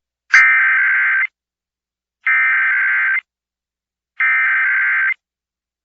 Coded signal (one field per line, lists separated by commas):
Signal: Emergency Alert System (SAME) tones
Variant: header bursts